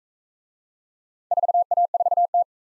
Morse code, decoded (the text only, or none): 4A4T